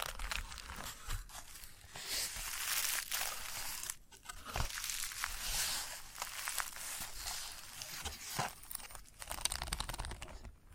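Chalk scratches and grates in dense, bright, continuous strokes, with brief pauses near four and eight seconds and occasional sharp taps.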